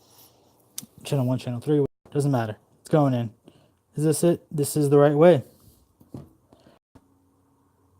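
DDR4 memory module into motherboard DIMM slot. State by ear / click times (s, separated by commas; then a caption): not seated / none. A DDR4 memory module is handled at a motherboard DIMM slot while its orientation is checked, and someone talks throughout. A sharp tap is heard near 0.8 s and faint ones around 6.2 and 6.5 s. Nothing has seated or clicked into the slot yet.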